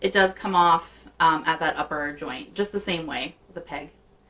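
A woman talks while handling a 17-inch Monster High Gooliope Jellington doll, whose plastic upper arm comes off at the upper joint on a peg. Nothing has seated or clicked yet; the clip ends before the peg goes back into the upper arm joint.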